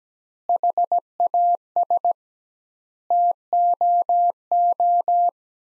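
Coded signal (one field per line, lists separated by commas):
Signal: Morse code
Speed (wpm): 17 wpm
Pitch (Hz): 700 Hz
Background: none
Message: HAS TOO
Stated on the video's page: Practice sentences from the top 300 words at 17 wpm with double word spacing, a word-level Farnsworth-style method.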